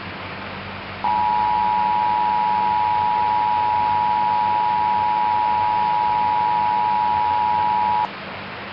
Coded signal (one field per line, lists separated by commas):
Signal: Emergency Alert System (SAME) tones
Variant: 853 and 960 Hz attention tone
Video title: Real EAS #58 - Severe Thunderstorm Warning